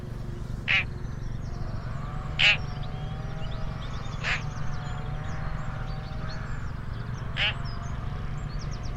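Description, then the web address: Bird giving four short, loud, harsh calls at uneven gaps, with other birds twittering and a steady low droning hum underneath. Call type labelled "Pi Pi Pi Pi" class. "cianscape birddata Deverinetal 2025 File origin Bird Only More Classes Pi Pi Pi Pi"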